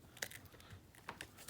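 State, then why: Not seated. A shotgun side saddle shell holder is handled against the receiver of a Stoeger M3000 Defense shotgun, its plastic reclosable fastener strips with interlocking teeth lined up to lock together. Short sharp taps and light plastic rattles are heard, with the strongest at about 0.2, 1.1, 1.2 and 1.5 seconds. Nothing has seated or clicked yet.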